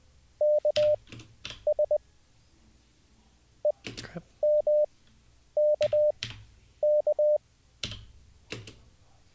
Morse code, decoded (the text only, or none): KS EMKK